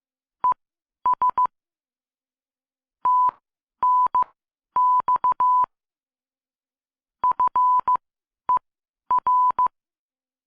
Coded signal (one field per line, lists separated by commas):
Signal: Morse code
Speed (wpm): 16 wpm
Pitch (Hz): 1000 Hz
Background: none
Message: ES TNX FER